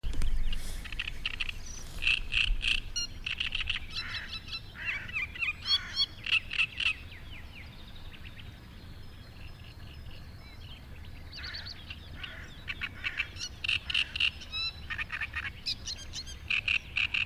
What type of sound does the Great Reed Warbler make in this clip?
song